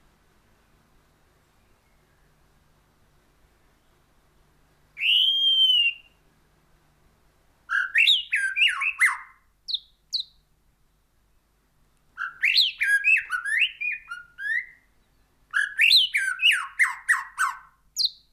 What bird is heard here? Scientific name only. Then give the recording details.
Copsychus malabaricus. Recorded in captivity. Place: Kaiserslautern, Rheinland-Pfalz, DE. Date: 1982-04-02. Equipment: Nagra IV. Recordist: Tretzel, Erwin. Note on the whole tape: Schamadrossel "Poldi", Garten, Kaiserslautern: Gesang